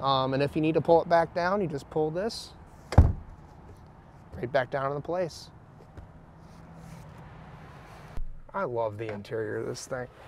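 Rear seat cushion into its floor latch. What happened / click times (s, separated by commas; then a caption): The folded seat cushion latched back down / 2.9 s. Someone talks while the rear seat cushion of a new Ford Maverick hybrid is folded back down over the under-seat storage that holds the hybrid's regular car battery. A sharp, loud thud at 2.9 s marks the cushion latching into its floor latch, and it is locked in place. The talking continues afterward.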